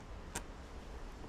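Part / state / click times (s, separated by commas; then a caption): hive lifter arm coming off its screw mount on the hive box / released / 0.4 s. A hive lifter attachment is worked free and pops off the screw it hooks onto on the hive box, giving one short sharp click at 0.4 s over a steady low background hiss. The lifter comes free of its screw mount.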